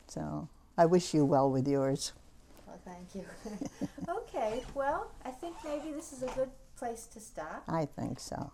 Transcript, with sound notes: So, I wish you well with yours.
Well, thank you. ( she laughs ) Okay. Well, I think maybe this is a good place to stop.
I think so.